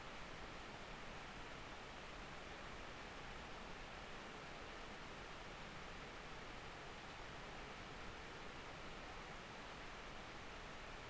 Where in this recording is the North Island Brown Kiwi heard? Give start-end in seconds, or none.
none